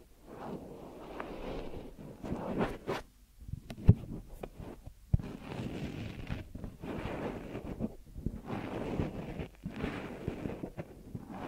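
Close, muffled rubbing and pressing sounds of a deep ear massage, heavy in the low end with a soft rumbling texture that swells in waves. The rubbing pauses briefly around four and eight seconds, broken by a couple of sharp taps or clicks.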